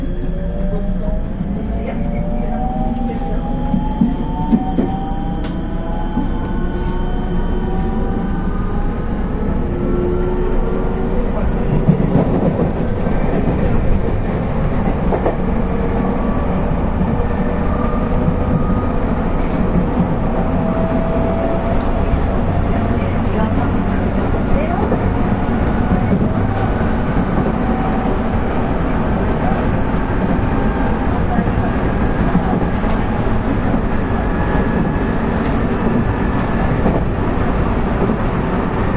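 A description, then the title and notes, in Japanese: Onboard a rapid electric commuter train, a steady low rumble of wheels and running gear fills the whole recording at a constant level. Motor whine glides down in pitch early on, then thinner tones rise and hold, with brief clicks and faint voices scattered throughout. JR西日本、223系電車の走行音です。神戸線の新快速列車にて収録しました。区間は、新大阪から三宮までです。神戸線新快速 新大阪から三宮まで。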